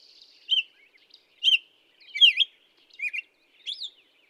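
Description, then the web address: Black-headed Grosbeak song, five sweet, slurred whistled phrases rising and falling, closely spaced. "birdsongforthecurious Black-headed Grosbeak"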